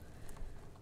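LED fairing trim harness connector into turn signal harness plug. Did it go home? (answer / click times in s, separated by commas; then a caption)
yes / 0.3 s. The male end of a Custom Dynamics Bat Wingz LED low-profile batwing fairing trim harness on a Harley-Davidson is pushed into its mating plastic turn-signal harness connector. A short, sharp snap is heard at 0.3 s over a low background rumble, and the connector is seated.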